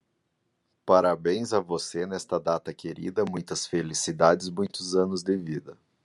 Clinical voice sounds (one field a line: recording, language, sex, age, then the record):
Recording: short text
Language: Brazilian Portuguese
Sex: male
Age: 40 to 49 years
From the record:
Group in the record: control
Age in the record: 40 years